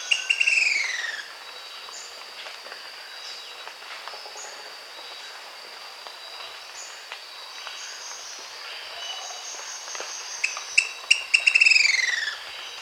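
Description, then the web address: Long-crested pygmy-tyrant song: brief burst of sharp, buzzy, falling notes at the start and again near the end, with a steady high insect drone throughout. Recorded in Bolivia. "Birds of the Amazon. Long-crested Pygmy-Tyrant (Lophotriccus eulophotes), Bolivia"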